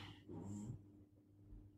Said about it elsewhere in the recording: My French bulldog, Winston, he is next to me. I'm sorry if you can hear snoring in the background.